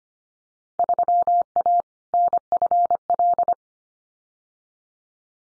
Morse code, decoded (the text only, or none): 3A NFL